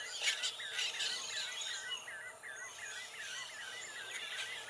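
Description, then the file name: Cocota song: a quick run of short chirping notes, with higher, fainter chirps behind. "canto da cocota"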